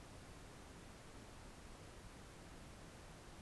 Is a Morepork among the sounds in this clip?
no